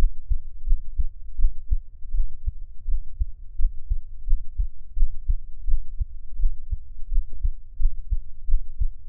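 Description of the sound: An adult's heartbeat for Taiwanese ASMR listening, with no talking: steady, regular low thumping at about 85 beats a minute, with a faint hum behind it.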